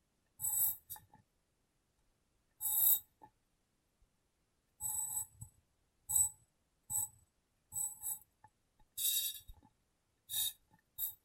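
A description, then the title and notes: Tapping and cleaning sounds on a glass brain come in short bright bursts with silence between them, a sharp ringing tone around each tap. The bursts arrive irregularly, a few per second at most, sometimes clustered, with faint low thuds under some strikes. ASMR Glass Brain Tapping & Cleaning (No Talking).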